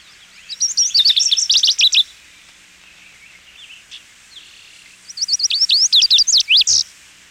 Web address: 101 Bird Songs. Lazuli Bunting